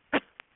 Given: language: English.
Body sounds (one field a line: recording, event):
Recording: throat vibration sensor signal played as sound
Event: cough